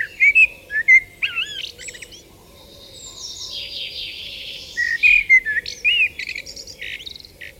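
Common blackbird giving fluted, looping whistles then a thin high twitter, a second mellow phrase after a pause, soft high chatter of other birds and low hiss behind.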